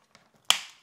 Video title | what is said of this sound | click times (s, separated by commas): ASUS RT-AX82U AX5400 Wi Fi 6 Router Setup Guide For Best Wi Fi & Review | i will have to use this adapter that snaps into place | 0.5 s